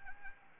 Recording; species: mosquito wingbeat signal from an infrared sensor; Anopheles arabiensis